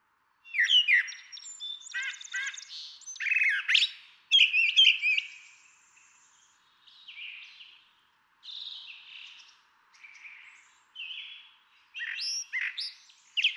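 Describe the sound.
Brown Thrasher song, rich varied phrases with harsh, buzzy and whistled notes, followed by quieter phrases and pauses.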